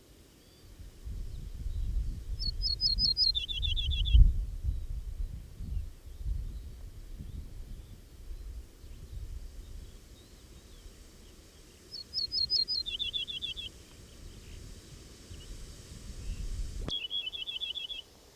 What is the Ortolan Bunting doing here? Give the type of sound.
song